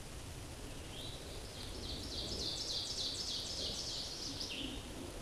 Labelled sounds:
Ovenbird song
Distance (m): 25 m
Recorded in a Pennsylvania forest on 17 May 2023 at 13:22
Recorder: AudioMoth, point grid1_27_low
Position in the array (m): 150 m, 54 m

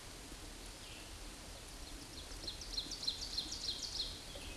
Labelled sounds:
Ovenbird song
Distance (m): 70 m
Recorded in a Pennsylvania forest on 17 May 2023 at 14:04
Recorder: AudioMoth, point grid1_7_low
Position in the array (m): 211 m, 26 m

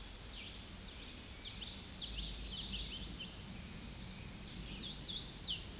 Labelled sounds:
Hooded Warbler song
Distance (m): 25 m
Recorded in a Pennsylvania forest on 18 May 2023 at 08:51
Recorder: AudioMoth, point grid1_12_low
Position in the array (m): 155 m, 129 m

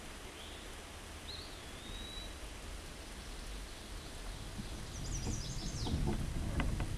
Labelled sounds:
Eastern Wood-Pewee song
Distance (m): 30 m
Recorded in a Pennsylvania forest on 17 May 2023 at 13:01
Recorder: AudioMoth, point grid1_33_low
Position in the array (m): 76 m, 124 m

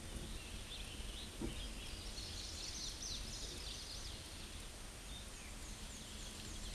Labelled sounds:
Black-and-white Warbler song
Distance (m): 20 m
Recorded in a Pennsylvania forest on 19 May 2023 at 10:18
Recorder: AudioMoth, point grid1_33_low
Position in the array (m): 53 m, 115 m

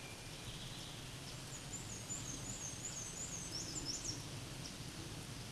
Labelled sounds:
Black-and-white Warbler song
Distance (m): 40 m
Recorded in a Pennsylvania forest on 18 May 2023 at 13:55
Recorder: AudioMoth, point grid1_27_low
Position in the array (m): 86 m, 46 m

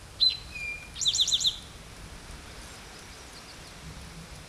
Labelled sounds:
Eastern Towhee song
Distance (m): 5 m
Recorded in a Pennsylvania forest on 17 May 2023 at 13:13
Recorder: AudioMoth, point grid1_8_low
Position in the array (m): 117 m, 85 m

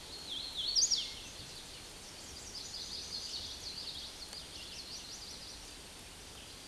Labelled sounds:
Hooded Warbler song
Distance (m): 25 m
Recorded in a Pennsylvania forest on 18 May 2023 at 08:43
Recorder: AudioMoth, point grid1_12_low
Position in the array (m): 155 m, 124 m

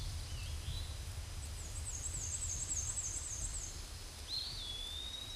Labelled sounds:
Black-and-white Warbler song
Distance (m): 30 m
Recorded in a Pennsylvania forest on 19 May 2023 at 12:52
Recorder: AudioMoth, point grid1_19_low
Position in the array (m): 74 m, 193 m

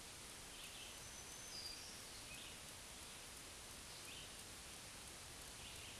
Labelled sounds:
Black-throated Green Warbler song
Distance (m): 50 m
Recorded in a Pennsylvania forest on 1 June 2023 at 08:50
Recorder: AudioMoth, point grid3_12_low
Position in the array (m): 133 m, 108 m

